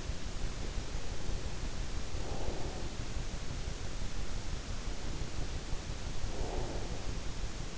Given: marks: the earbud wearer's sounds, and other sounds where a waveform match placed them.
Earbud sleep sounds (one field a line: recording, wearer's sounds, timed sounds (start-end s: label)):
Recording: sounds in sleep by an in-ear microphone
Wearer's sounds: breath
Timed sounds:
2.00-2.97 s: breath
6.15-7.21 s: breath